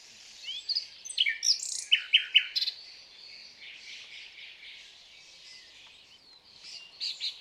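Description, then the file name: Common nightingale song opens with sharp, loud notes and fast pulsed chirps, then trails into quieter buzzy phrases before a few final emphatic notes. "Luscinia megarhynchos"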